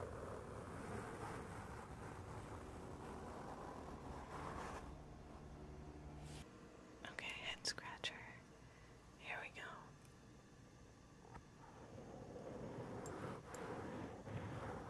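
A head and back scratcher rubs over the mic, making a deep, steady rumbling rush for the first six seconds. It then drops quieter, with sharp scratchy strokes and brighter scrapes around seven to ten seconds, before the low rumble builds again toward the end.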